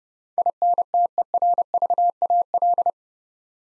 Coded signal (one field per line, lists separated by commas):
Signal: Morse code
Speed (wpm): 30 wpm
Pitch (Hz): 700 Hz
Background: none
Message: INTERVAL